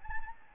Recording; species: mosquito wingbeat signal from an infrared sensor; Anopheles gambiae